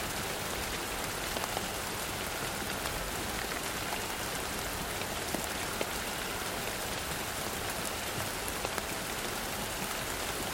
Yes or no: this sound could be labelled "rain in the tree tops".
yes